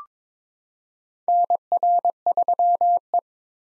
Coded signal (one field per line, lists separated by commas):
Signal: Morse code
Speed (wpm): 21 wpm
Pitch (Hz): 700 Hz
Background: none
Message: NR3E